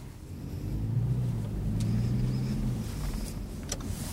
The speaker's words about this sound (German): Der Bus? Ja. Soll normalerweise vorbeifahren. Das ist ein 52er, der Bus, das ist nicht der 62er.